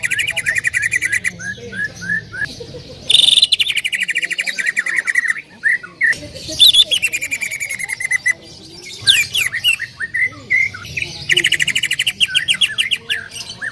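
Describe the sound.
Bird song, a busy run of bright chirps, rapid trills and sweeping whistled notes, with bursts of fast repeated phrases and short pauses between them.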